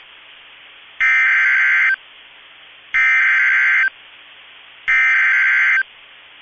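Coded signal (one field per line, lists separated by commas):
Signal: Emergency Alert System (SAME) tones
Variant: header bursts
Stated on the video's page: Two Severe Thunderstorm Warnings with EAS tones from weather radio station KIG86, Columbus, Ohio.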